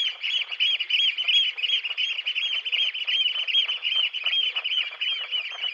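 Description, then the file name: Eurasian oystercatcher giving shrill piping calls, rapid loud notes following one another in an unbroken series. "scholekster"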